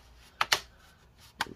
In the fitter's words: clicking in the place right all the way around there